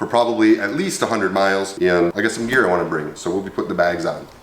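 An aluminium hard luggage bag is being handled beside its side mount on a 2020 Zero DSR Black Forest electric motorcycle while a man talks throughout. The bag has not yet been pushed down onto the mount, and nothing has seated or clicked yet.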